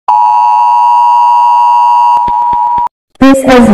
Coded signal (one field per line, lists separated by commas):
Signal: Emergency Alert System (SAME) tones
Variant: 853 and 960 Hz attention tone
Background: speech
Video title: Mukakhstan eas alarm